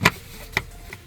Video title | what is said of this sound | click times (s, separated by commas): s3xy buttons by enhauto, unbox and INSTALL for AMD CPU, LFP battery | should just click into place | 0.1 s, 0.6 s